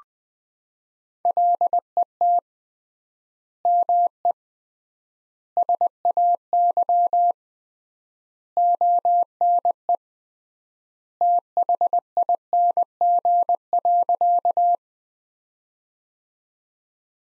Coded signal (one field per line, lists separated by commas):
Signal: Morse code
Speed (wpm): 20 wpm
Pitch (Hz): 700 Hz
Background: none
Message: LET ME SAY ONE THING.